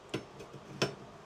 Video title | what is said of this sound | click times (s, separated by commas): How To Connect A Hose To A Kitchen Tap DIY STEP-BY-STEP | That click there, I'll show you again. | 0.8 s